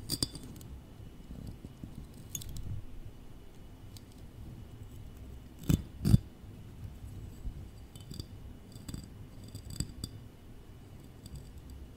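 Close-up tapping and tracing on office objects: a soft, low scraping bed runs throughout, with light clicks and ticks scattered every second or so. Two sharper knocks stand out just before the six-second mark, and faint bright jingles flicker near the start.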